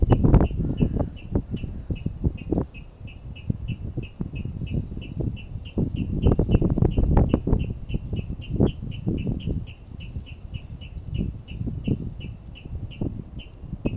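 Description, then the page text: Water rail song: a long, steady series of sharp, high ticking notes, about three per second, over heavy low rumble. One bird singing, Riga, 24 April 2022 at 07:27. "водяной пастушок, Rallus aquaticus Bремя наблюдения 24-Apr-2022 plkst. 07:27 Administratīvā teritorija Rīga Skaits 1 Статус Поёт"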